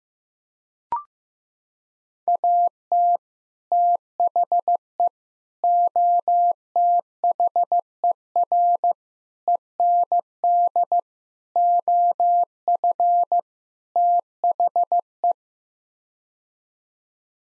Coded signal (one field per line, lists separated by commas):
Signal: Morse code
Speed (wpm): 15 wpm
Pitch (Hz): 700 Hz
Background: none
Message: AT THE OTHER END OF THE